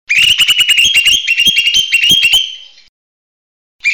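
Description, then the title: Bird song as one long, rapid chattering phrase of buzzy high notes lasting nearly three seconds, then a brief pause before another burst begins. "SuaraBurung Kicau"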